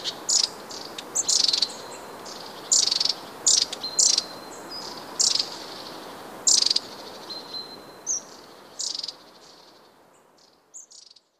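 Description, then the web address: Long-tailed tit flock calling: buzzy high rattles and thin drawn-out whistled notes repeating about every second, fading toward the end. "wroblowe kolekcja raniuszek"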